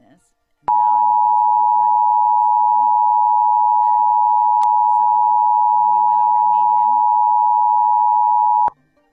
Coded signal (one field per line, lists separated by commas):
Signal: Emergency Alert System (SAME) tones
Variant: 853 and 960 Hz attention tone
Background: speech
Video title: EAS RMT In Indiana (12-15-22 WNIT-DT1) For @csupo_the_epic